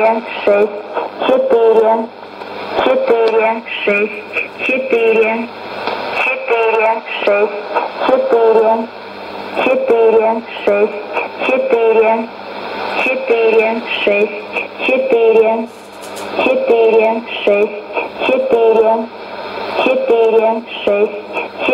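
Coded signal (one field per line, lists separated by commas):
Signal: numbers station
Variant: S06s, Russian female voice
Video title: 23 10 2019 S06s Russian Lady numbers station in Russian to Eu 0840 on 9952 unknown tx site USB+AM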